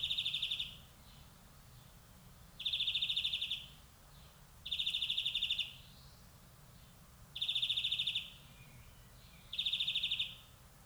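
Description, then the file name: European greenfinch giving harsh, buzzy flat calls, each about half a second to a second long, repeated five times at intervals of roughly two seconds. "Chloris chloris"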